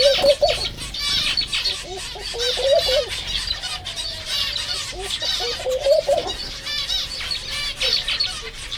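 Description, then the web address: White-handed gibbon hooting: wavering, mid-pitched hoots in short bursts, two long level notes between, over a constant chatter of many twittering birds. Zoo animal at Jászberény, recorded 30 April 2016 alongside several kinds of birds. "allathangok jaszberenyizoo 2016 tobbfelemadar feherkezugibbonis 04 30"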